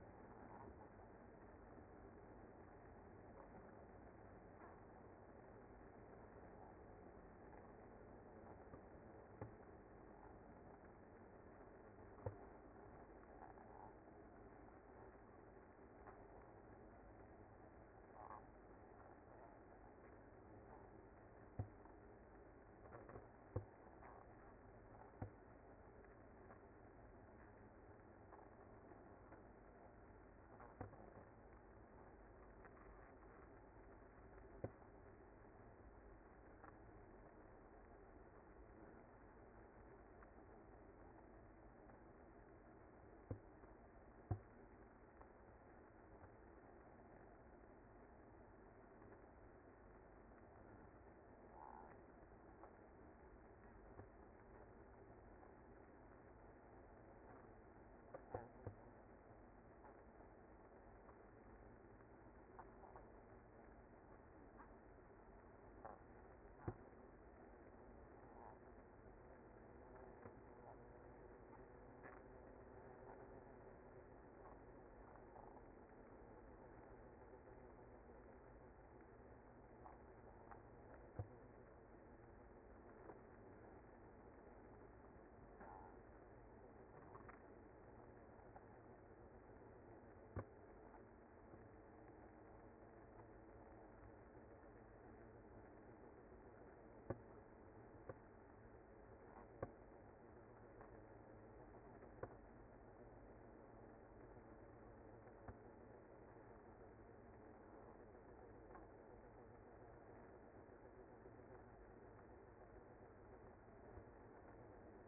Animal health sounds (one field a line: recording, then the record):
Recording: honeybee colony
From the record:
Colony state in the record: active